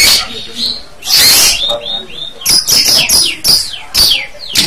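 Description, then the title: Bird song of sharp chirps and short whistles, then a run of bright, descending whistled notes repeated in quick succession. Bird sound used for training songbirds to sing (masteran). "MASTERAN BURUNG"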